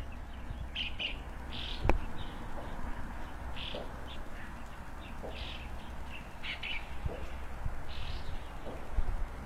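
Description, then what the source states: Birds giving scattered short chirps and tweets, one sharp click near the start, with constant low background hum. Birds frolicking on branches, early morning, in front of a rural country house, heard through an opened window; harmonious, quiet setting.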